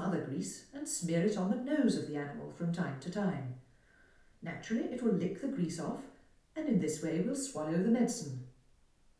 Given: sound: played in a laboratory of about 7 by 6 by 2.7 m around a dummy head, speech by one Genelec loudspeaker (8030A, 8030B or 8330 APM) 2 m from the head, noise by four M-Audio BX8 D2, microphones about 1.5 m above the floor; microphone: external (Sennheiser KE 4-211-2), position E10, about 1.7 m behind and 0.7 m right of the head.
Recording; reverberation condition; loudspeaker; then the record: female speech in English; medium; 60 degrees to the right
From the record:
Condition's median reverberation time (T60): about 510 ms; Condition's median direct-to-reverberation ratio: about -0.5 dB